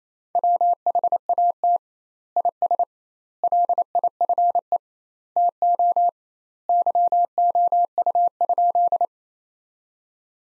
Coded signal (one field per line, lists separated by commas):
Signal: Morse code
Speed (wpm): 28 wpm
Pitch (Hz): 700 Hz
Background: none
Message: WHAT IS LIFE TO YOU?